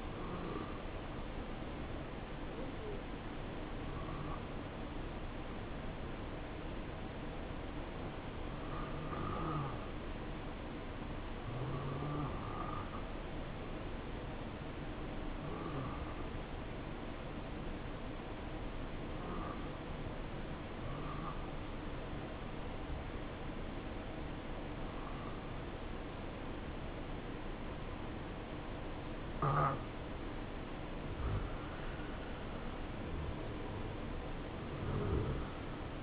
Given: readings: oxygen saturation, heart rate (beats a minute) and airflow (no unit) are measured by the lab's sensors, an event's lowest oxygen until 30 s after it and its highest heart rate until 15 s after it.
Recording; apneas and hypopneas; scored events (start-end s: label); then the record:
breathing in sleep by a voice recorder at the bedside; 1
3.00-31.80 s: hypopnea (N2, oxygen 94% highest, then 88% lowest, heart rate 65 at the start, 70 highest)
From the record:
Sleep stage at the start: N2 (light sleep); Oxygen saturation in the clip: 88 to 94%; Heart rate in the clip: 62 to 70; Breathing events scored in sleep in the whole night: 277 in 7.4 hours asleep